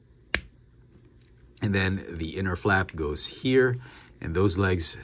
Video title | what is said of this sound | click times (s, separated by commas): I Can't Believe How Awesome This Figure Is!!! Transformers Studio Series Gamer Edition Starscream | okay so do the same on the other side going to fold and fold it all the way till it snaps | 0.3 s